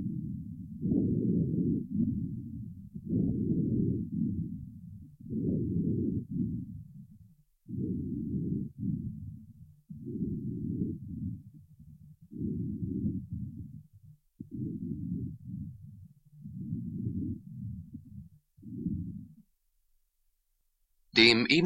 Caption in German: Stimulation der Atmung mit einem Analeptikum nimmt die Lautstärke der Atemgeräusche erheblich zu. Ein- und Ausatmungsgeräusche sind deutlich hörbar und bei einem gesunden Pferd, wie im folgenden Beispiel, frei von Nebengeräuschen.